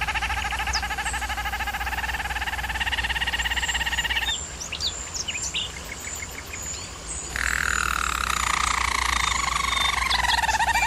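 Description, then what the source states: German Roller canary with steady rolled trills, a softer interlude of scattered high notes, then a louder descending rolling tour. German Roller canary singing, from a canary training video.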